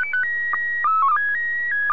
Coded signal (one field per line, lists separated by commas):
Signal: SSTV (slow-scan television)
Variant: PD 180